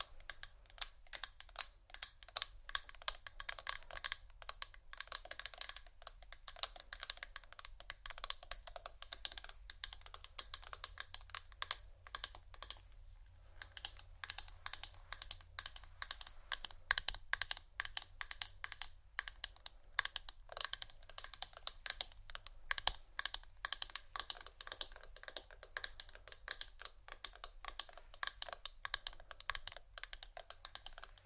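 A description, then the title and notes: Dense, irregular tapping and scratching on plastic and bristles, with quick bright clicks and crinkles that come in rapid bursts, like fast typing. The clicking thins out briefly around the middle, then resumes just as busily. A low, steady hum runs underneath throughout. Vinyl,plastic,bristles,tap,crinkle,scratching,glass,etc.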